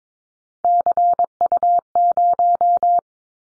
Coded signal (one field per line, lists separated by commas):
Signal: Morse code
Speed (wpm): 22 wpm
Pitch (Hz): 700 Hz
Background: none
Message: CU0